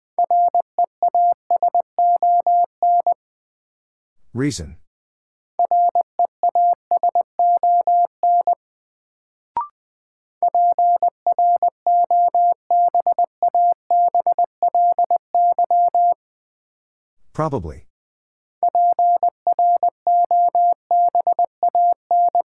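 A steady mid-pitched Morse code tone beeps in four rapid bursts, separated by silent gaps, two brief whooshing sweeps, and a click.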